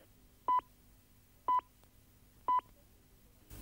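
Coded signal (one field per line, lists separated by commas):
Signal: speaking clock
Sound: three short, evenly spaced 1 kHz pips, one each second, over a low hum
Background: low mains hum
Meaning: Marks the exact time announced by the speaking clock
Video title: Southern TV VTR clock, 1974, with speaking clock!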